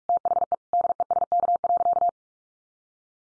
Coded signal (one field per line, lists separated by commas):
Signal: Morse code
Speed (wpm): 44 wpm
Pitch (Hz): 700 Hz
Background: none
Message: THE DESK.